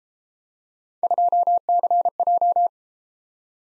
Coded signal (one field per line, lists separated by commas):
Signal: Morse code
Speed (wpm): 33 wpm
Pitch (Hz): 700 Hz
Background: none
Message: 2CJ